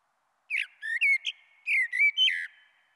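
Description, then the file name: Common blackbird song: two quick runs of mellow, fluty whistled notes, each rounded off with brief high squeaky flourishes, in a clean quiet setting. "Merle Noir"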